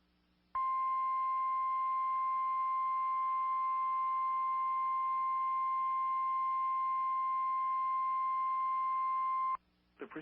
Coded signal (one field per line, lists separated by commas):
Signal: Emergency Alert System (SAME) tones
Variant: 1050 Hz attention tone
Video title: It's Wednesday And You Know What That Means |Required Weekly Tests 2/17/2021 (EAS #254-264)